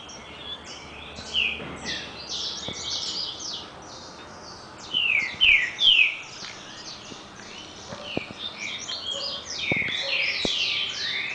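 Double-collared seedeater song: fast warbled phrases of chirps and downslurred whistles, louder bursts near the middle, ongoing throughout over low background noise.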